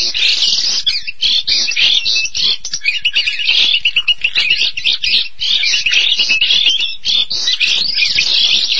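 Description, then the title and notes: Starling song, a continuous jumble of scratchy chatter, buzzy rasps and short whistles, delivered rapidly with only brief breaks. "suara burung jalak"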